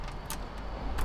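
A key is put into a gear-shift security lock on a van sitting in reverse, given a half push and turned. A sharp click at 0.3 s marks the lock seating, locking the shifter, and a second short, fainter click follows at about 1.0 s over a low background hum.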